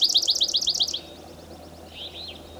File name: Melospiza georgiana